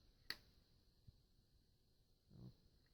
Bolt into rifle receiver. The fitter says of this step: then it comes forward, expands, and then locks into place.